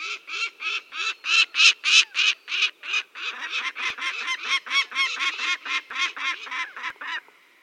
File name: Peregrine Falcon